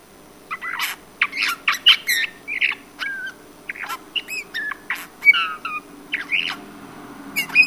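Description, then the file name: Eurasian bullfinch calls: varied, irregular sequence of squeaky, creaky and thin whistled notes with small hooked sounds. "Pyrrhula pyrrhula"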